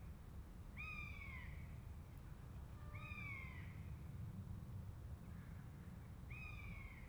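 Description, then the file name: Buzzard mewing calls, three plaintive downslurred cries spaced a couple of seconds apart over a low rumbling background. A pair of buzzards. "jl buzzard pair"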